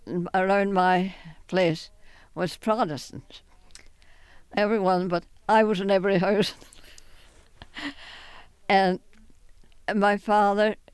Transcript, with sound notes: around my place was Protestant. Everyone but, I was in every house. ( she laughs ) And my father